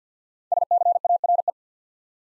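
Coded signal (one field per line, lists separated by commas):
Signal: Morse code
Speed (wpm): 48 wpm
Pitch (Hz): 700 Hz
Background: none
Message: SCARE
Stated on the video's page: Morse practice set at 50wpm of 5-letter words for head-copy, each word sent twice.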